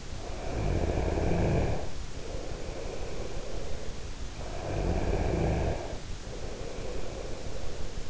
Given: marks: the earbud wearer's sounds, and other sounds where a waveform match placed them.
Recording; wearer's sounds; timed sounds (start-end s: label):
sounds in sleep by an in-ear microphone; snoring breath
0.35-3.76 s: snoring breath
4.38-8.10 s: snoring breath